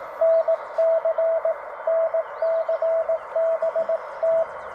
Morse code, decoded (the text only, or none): NC NC BT